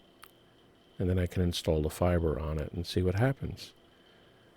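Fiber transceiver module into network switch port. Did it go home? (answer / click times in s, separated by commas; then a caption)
yes / 0.2 s. A fiber SFP transceiver module, its latch opened first, is pushed into a network switch port until it locks in place. A sharp, short click at 0.2 s marks it seating. Then someone talks.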